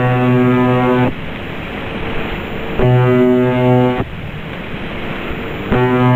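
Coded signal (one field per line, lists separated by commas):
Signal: channel marker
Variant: UVB-76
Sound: harsh low buzz about a second long, repeating every few seconds, with static between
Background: radio static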